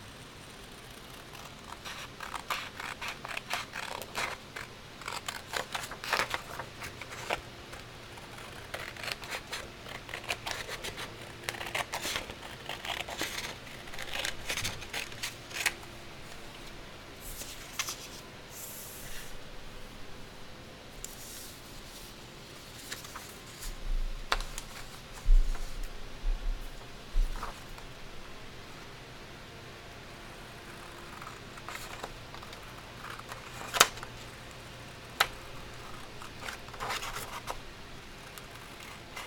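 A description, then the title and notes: Candle dressing with soft shuffling and frequent short, crisp snips and clicks, busiest in the first fifteen seconds, then sparser with occasional sharp taps. ASMR soundscape triggers candle dressing, shuffling, and cutting sounds.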